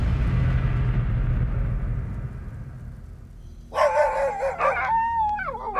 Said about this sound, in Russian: Заливистый лай разорвал тишину и прозвучал подобно разрыву петарды. Одна из бездомных собак, видимо, убежала в эту сторону и, неизвестно почему, притаилась за кустом, когда тварь наскочила на ее убежище.